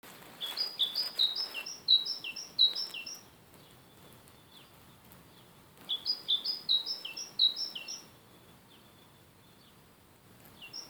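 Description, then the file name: Great tit giving two bursts of bright, alternating high-low notes, each lasting about two and a half seconds, separated by a quiet pause with a few faint notes, and the start of another burst at the end. "Parus major"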